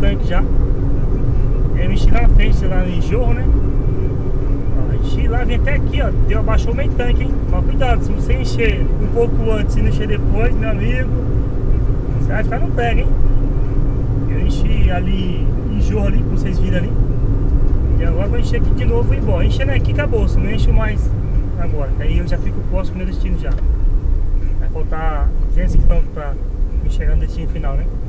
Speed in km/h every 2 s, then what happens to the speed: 119, 117, 112, 113, 114, 113, 113, 109, 108, 106, 103, 99, 81, 78.
0-28 slows to 78.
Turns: none.